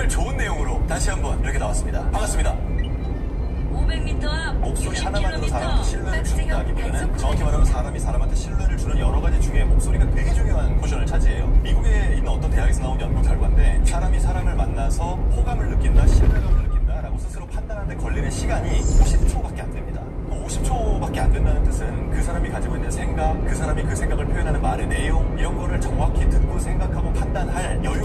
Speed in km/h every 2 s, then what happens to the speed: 42, 44, 46, 48, 47, 47, 50, 49, 50, 53, 55, 57, 58, 57.
0-6 speeds up to 48. 6-15 steady at about 48. 15-24 speeds up to 58.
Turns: none.